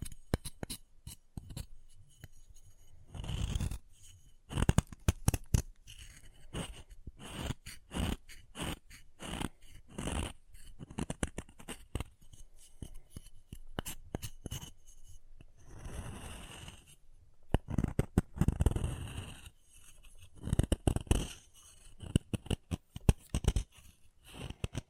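Chalk being carved and cut, heard as a run of sharp scraping strokes and short crisp clicks that come in irregular bursts. A few heavier, longer scrapes with a low thud-like weight stand out near 3, 16 and 19 seconds, with brief quiet gaps between strokes.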